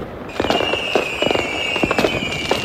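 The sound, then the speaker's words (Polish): Fireworks and firecrackers go off in a rapid, irregular string of sharp bangs and crackles, while a steady high-pitched whistle runs underneath nearly the whole time. “Radni pod koniec listopada przegłosowali projekt prezydenta miasta, który wprowadza zakaz odpalania fajerwerków, petard, sztucznych ogni i materiałów pirotechnicznych.”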